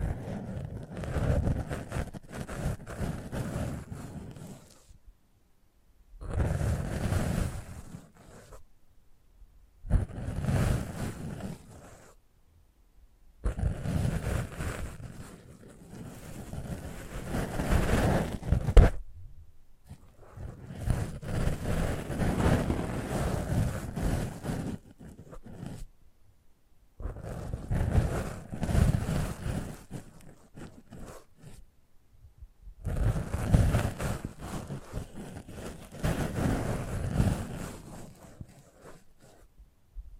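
Close-up ASMR mic treatment: rough, rumbling rubbing and scratching sounds against the microphone come in bursts of a few seconds each, heavy in the low end with a crackly top. Short stretches of near silence separate about seven of these passes.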